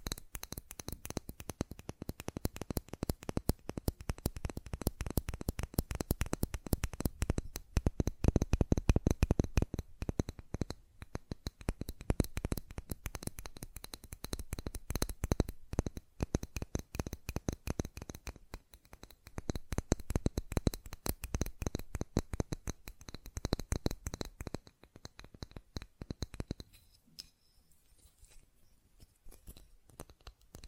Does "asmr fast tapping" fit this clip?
yes